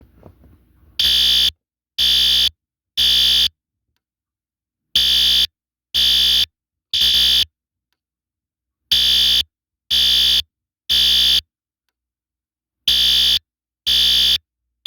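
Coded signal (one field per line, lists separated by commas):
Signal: alarm pattern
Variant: System Sensor electronic horn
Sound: harsh buzzing horn blasts in groups of three, about half second each, repeating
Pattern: temporal three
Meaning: Temporal-3 pattern signals fire, evacuate the building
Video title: System Sensor L Series Temporal Code 3 Fire Alarm Sound Effect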